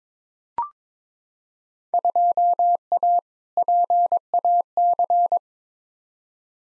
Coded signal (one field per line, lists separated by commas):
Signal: Morse code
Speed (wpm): 22 wpm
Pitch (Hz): 700 Hz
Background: none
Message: 2A PAC